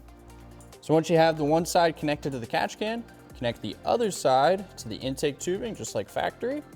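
A long oil catch can hose on a 2024 Mustang is handled, with one side already connected to the catch can and its quick-connect fitting about to be pushed onto the intake tubing port, just like factory. Someone talks over background music, and a couple of faint taps are heard near the start. Nothing has seated or clicked yet.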